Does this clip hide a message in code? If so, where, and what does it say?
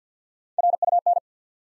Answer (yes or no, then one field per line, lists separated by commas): yes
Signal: Morse code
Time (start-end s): 0.6-1.2 s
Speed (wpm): 50 wpm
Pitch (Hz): 700 Hz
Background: none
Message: RUN